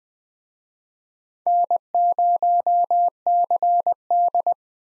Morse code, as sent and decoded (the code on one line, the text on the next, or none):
-. ----- -.-. -..
N0CD